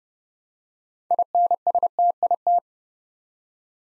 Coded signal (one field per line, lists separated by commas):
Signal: Morse code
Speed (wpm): 29 wpm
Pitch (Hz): 700 Hz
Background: none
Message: INSTIT